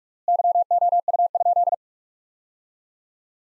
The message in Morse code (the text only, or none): YOU?